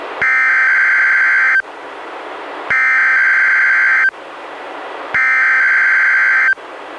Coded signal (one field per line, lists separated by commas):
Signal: Emergency Alert System (SAME) tones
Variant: header bursts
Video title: EAS #64: NWR Required Weekly Test- July 15, 2015- 11:01AM PDT